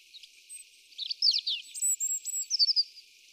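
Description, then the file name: European robin singing a tumbling phrase of squeaky, high notes running into long thin whistles and fast trills. "Erithacus rubecula"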